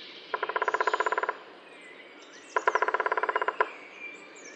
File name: Mi Bo Sp roffel